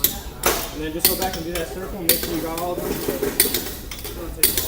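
A torque wrench tightens a front wheel lug nut in a star pattern and gives a sharp click at 0.0 s, showing it has reached its setting and the nut is not free spinning. Someone talks throughout as the wrench works around the lug nuts.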